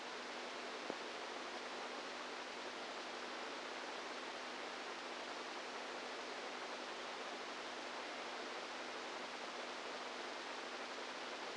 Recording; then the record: brain microelectrode recording played as sound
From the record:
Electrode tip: inside the subthalamic nucleus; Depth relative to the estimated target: -4 mm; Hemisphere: right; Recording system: NeuroSet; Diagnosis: Parkinson's disease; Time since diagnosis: 10 years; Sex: female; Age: 67 years